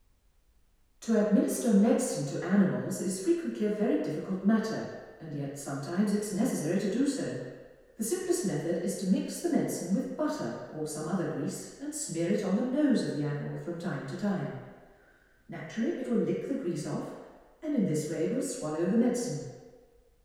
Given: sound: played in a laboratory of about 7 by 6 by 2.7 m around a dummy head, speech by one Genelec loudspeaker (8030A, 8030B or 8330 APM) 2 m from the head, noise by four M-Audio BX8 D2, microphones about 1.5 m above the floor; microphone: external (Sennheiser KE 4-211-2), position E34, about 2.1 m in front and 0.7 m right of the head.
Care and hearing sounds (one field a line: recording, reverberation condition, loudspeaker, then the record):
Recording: female speech in English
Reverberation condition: high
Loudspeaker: 120 degrees to the left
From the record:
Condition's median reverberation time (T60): about 1300 ms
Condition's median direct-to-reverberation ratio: about -4.0 dB